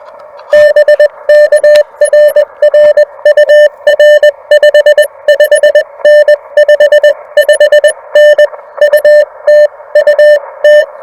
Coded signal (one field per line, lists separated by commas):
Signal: Morse code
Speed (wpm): 21 wpm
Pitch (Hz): 600 Hz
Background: none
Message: BK R R UR 55N 55N UT UT